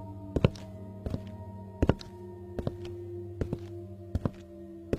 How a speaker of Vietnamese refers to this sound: Những tiếng bước chân uỳnh uỳnh không chỉ vang lên ở đoạn bếp, có đôi khi nó vang lên khắp cả căn phòng. những tiếng bước chân chậm rãi, từng nhịp một.